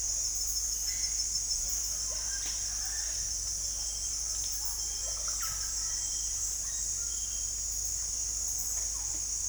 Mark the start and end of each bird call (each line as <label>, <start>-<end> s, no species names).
bird call, 5.11-5.60 s
bird call, 5.98-7.65 s